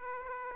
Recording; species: mosquito wingbeat signal from an infrared sensor; Aedes aegypti